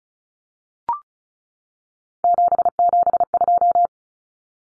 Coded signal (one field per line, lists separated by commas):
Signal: Morse code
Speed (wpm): 34 wpm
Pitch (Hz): 700 Hz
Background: none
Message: 772